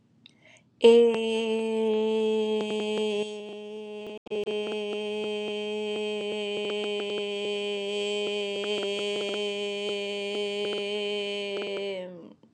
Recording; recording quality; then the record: sustained vowel as in made; moderate, slight background noise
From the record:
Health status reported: exposed to COVID-19, no respiratory illness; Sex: female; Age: 29 years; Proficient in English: yes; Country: United States